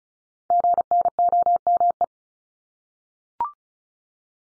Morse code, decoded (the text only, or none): GNOME